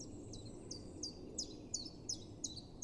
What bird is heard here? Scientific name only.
Phylloscopus collybita